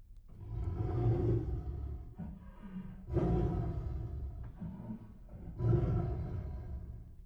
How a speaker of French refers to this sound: C'est le tigre.